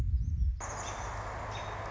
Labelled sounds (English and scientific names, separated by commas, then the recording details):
American Robin (Turdus migratorius)
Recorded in Sonoma County, California